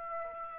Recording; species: mosquito wingbeat signal from an infrared sensor; Aedes aegypti